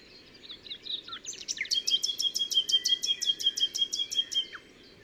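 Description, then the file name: Common nightingale song: a varied opening of short chirps, then a fast rattling series of sharp clicks over a long steady whistle, repeated rapidly for about three seconds. "Luscinia megarhynchos"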